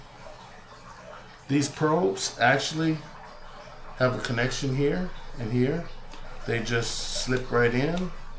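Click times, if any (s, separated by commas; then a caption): none. A wireless meat thermometer probe, a TempSpike Pro Wi-Fi model, is being handled at its charging connection in the plastic base of its charging dock while someone talks. The probe has not clicked or seated into the charger yet.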